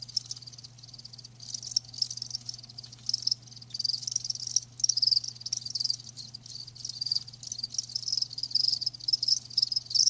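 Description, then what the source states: Crickets giving a dense high chorus of overlapping trills, less distinct pulses, with a steady low hum throughout. Live crickets chirping.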